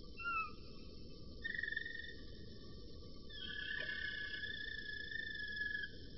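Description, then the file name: Roller canary song, two quick notes, then long smooth sustained tones layered at different pitches, soft and even. "kenari-roller-v 4-omkicau"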